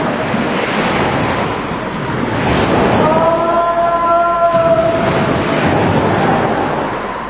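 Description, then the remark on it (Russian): A stormy sea at night below a cliff at the Château d'If roars in a steady, loud wash of crashing waves that swells and recedes, with a brief high, whining tone rising through the surf midway. “Ночью тюремщики сбросили его со скалы в штормовое море.”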